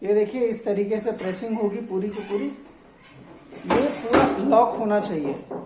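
Someone talks while pulling down the platen handle of a heat press onto a hoodie to print a logo; the handle must lock fully closed for the pressing to work. Speech runs throughout, with a louder burst of handling noise around 3.7–4.3 s. The press has not locked or clicked into the pressing position yet.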